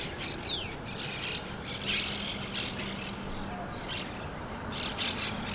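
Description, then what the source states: Monk parakeet squawks come in scattered harsh bursts with gaps between, a thin descending whistle early on and a low hum midway. Recorded in Brooklyn; birds referred to as Brooklyn parrots.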